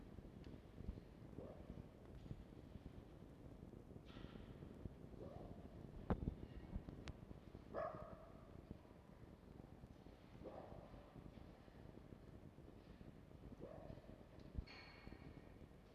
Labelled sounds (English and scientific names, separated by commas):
Red Fox (Vulpes vulpes)